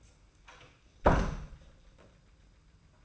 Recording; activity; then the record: daily activity, microphone in the room; close door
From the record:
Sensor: 2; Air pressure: 990.2 hPa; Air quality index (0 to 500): 178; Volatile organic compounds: 1000 ppm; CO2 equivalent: 5652 ppm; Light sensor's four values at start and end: 34/79/32/33 and 34/80/33/33